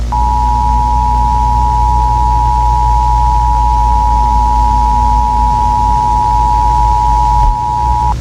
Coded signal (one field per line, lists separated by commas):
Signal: Emergency Alert System (SAME) tones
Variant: 853 and 960 Hz attention tone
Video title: EAS Scenario Cartooned to life p2 unfinished